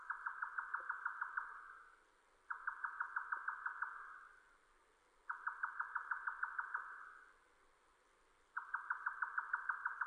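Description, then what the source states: Grey nightjar churring song: rapid dry chucks in bursts of roughly one and a half seconds, four bursts with short pauses between. Recorded 7 May 2005.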